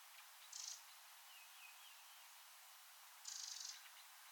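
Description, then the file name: Eurasian wren call: two short, very high, dry rattling bursts roughly three seconds apart, with faint thin whistles between them over steady hiss. "Troglodytes troglodytes"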